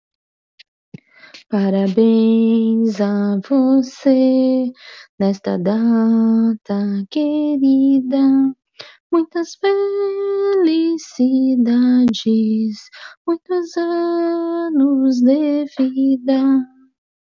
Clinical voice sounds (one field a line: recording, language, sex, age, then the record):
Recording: short text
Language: Brazilian Portuguese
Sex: female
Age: 40 to 49 years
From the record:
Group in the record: control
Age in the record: 40 years